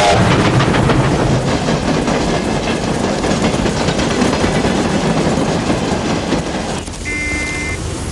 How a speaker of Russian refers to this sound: Идет товарный поезд.